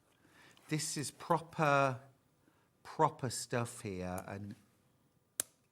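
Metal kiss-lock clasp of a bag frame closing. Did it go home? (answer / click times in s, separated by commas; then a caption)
yes / 5.4 s. Someone talks, then the metal kiss-lock clasp on a finished handbag frame is snapped shut with a single sharp click at 5.4 s. The clasp closes and seats.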